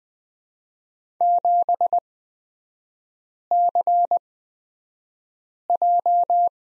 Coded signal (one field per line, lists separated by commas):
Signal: Morse code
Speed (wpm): 20 wpm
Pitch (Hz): 700 Hz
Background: none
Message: 7CJ